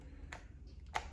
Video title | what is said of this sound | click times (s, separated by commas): HiFairy Hammerhead Style Hairdryer Unboxing - IS IT AN AFFORDABLE DYSON SUPERSONIC HAIRDRYER?? | notches which click into place with quite a sturdy | 0.3 s, 1.0 s